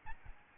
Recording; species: mosquito wingbeat signal from an infrared sensor; Aedes albopictus